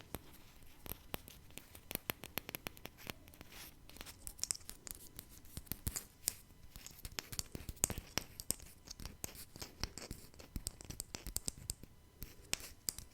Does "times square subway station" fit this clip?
no